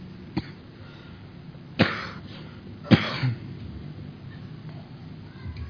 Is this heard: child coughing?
yes